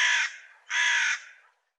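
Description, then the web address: Bird uttering two rough, scratchy caws separated by a brief pause, then silence. "cianscape birddata Deverinetal Bird"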